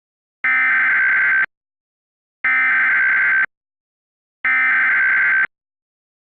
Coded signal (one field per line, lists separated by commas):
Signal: Emergency Alert System (SAME) tones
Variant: header bursts